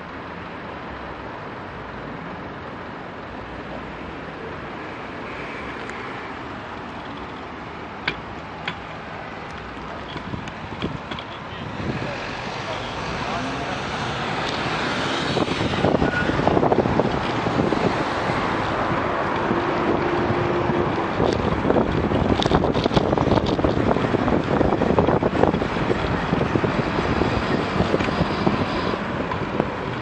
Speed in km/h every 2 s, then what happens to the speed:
0, 0, 0, 1, 5, 10, 14, 18, 20, 23, 24, 25, 23, 20, 22.
0-6 standing. 6-18 pulls away to 23. 18-30 steady at about 23.